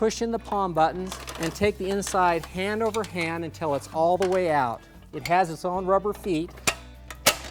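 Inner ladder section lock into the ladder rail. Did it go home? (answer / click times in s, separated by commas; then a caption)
yes / 7.1 s, 7.3 s. Someone talks as the inner section of a Little Giant Classic articulating aluminum ladder, with its lock tabs released and palm buttons pushed in, is pulled out hand over hand and set down on its own rubber feet. Its spring lock snaps into the ladder rail with sharp metal clacks at 7.1 s and 7.3 s, and the section locks in place.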